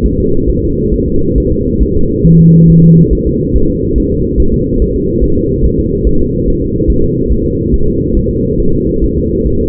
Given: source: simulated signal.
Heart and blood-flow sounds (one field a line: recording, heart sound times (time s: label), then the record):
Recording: fetal heart sounds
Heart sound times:
0.06 s: S1
0.20 s: S2
0.50 s: S1
0.64 s: S2
0.94 s: S1
1.08 s: S2
1.38 s: S1
1.52 s: S2
1.83 s: S1
1.97 s: S2
2.27 s: S1
2.41 s: S2
2.70 s: S1
2.84 s: S2
3.13 s: S1
3.27 s: S2
3.56 s: S1
3.70 s: S2
3.98 s: S1
4.12 s: S2
4.40 s: S1
4.54 s: S2
4.82 s: S1
4.96 s: S2
5.24 s: S1
5.38 s: S2
5.65 s: S1
5.80 s: S2
6.07 s: S1
6.21 s: S2
6.48 s: S1
6.62 s: S2
6.90 s: S1
7.04 s: S2
7.32 s: S1
7.46 s: S2
7.74 s: S1
7.88 s: S2
8.17 s: S1
8.31 s: S2
8.60 s: S1
8.74 s: S2
9.04 s: S1
9.18 s: S2
9.47 s: S1
9.61 s: S2
From the record:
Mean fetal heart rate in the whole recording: 140 bpm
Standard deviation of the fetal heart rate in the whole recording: 2 bpm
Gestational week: 34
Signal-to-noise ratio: -16.4 dB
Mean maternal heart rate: 72 bpm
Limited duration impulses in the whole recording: present